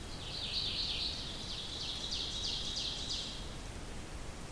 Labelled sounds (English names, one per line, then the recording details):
Ovenbird song
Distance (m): 65 m
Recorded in boreal forest in Alberta, Canada, on 2 June 2016 at 06:30
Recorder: SongMeter 3, array SBT-3-7
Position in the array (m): 78 m, 93 m
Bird 5